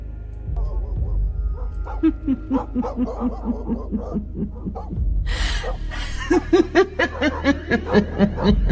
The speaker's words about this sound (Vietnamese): Tiếng của người đàn bà vang vọng từ ngoài bờ sông vào tận trong làng, làm cho chó ở trong làng cứ cắn lên nhấm nha nhấm nhẳng bất an.